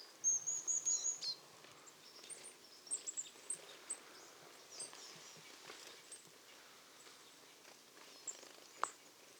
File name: Poecile palustris